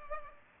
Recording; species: mosquito wingbeat signal from an infrared sensor; Culex pipiens